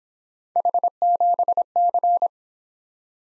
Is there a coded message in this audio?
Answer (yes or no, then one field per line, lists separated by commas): yes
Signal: Morse code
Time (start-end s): 0.6-2.3 s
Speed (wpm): 25 wpm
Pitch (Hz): 700 Hz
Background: none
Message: H7C